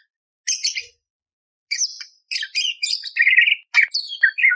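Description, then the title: Budgerigar warbling song: a quick jumble of scratchy, squeaky and buzzy notes after a brief silence, growing denser toward the end. Loud, clear chirping budgerigar used as masteran for training kacer songbirds, with coarse 'tembakan' bursts. "Masteran Burung Parkit Gacor Jernih Full Isian Tembakan Kasar Cocok Buat Kacer"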